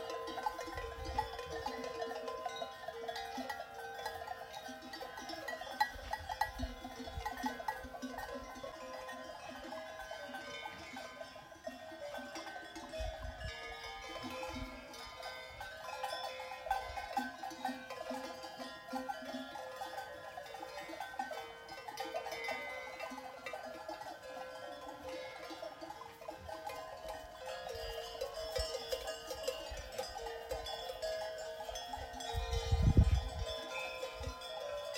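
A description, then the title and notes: Bells on mountain goats clink and jangle steadily from a distance, a dense, bright patter of overlapping tones with no pause. Occasional low thumps and rustles come, the loudest bump around thirty-three seconds, over a faint outdoor hush. Mountain goats, Kefalonia, Greece, in June 2023 – by Tash Walker. I was on an early morning walk when I started to hear this distant sound of bells.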